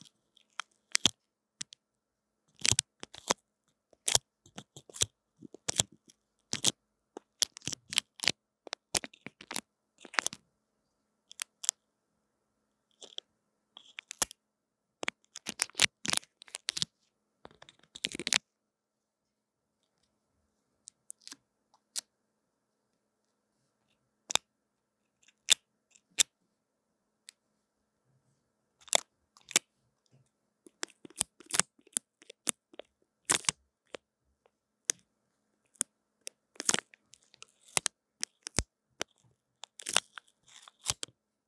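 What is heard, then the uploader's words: Mic tingles: sharp, crisp clicks and crackles against the microphone, coming in dense bursts with short quiet gaps, notably a lull around 19 to 23 seconds. The sounds are bright and crunchy, with a near-silent background between them. SamsungAKG耳機.強烈刺痛感受. Intense Earphone Mic Tingles | No Talking.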